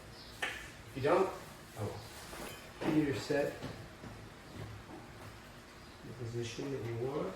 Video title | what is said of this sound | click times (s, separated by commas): Installing A Dimplex Baseboard Heater DIY | so if you get a click | 0.4 s